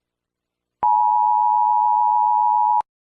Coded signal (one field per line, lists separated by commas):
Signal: Emergency Alert System (SAME) tones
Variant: 853 and 960 Hz attention tone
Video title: 🌈🎨 | Demodogs: A Stranger Things EAS scenario #3